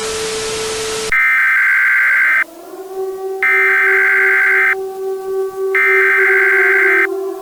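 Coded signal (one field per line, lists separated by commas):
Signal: Emergency Alert System (SAME) tones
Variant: header bursts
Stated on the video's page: Fictional analog-horror EAS scenario, not a real event.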